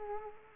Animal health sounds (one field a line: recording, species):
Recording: mosquito wingbeat signal from an infrared sensor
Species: Culex quinquefasciatus